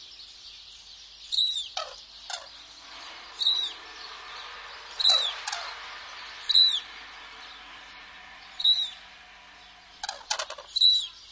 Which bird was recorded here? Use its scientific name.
Grus japonensis